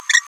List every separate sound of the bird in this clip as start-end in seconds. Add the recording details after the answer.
0.09-0.22. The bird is a female. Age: 27 days. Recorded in a nest box in Venezuela. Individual 17B73B3